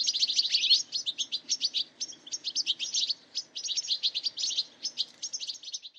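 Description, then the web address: Bird giving dense, fast runs of sharp, high chirps in irregular bursts, with short gaps between them. "Deverinetal. Bird Only"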